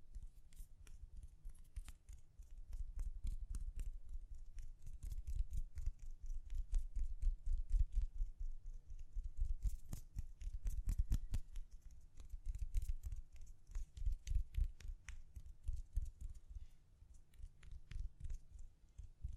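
Gentle tapping in quick, uneven clusters of soft low thuds with faint crisp clicks on top, pausing briefly near the end.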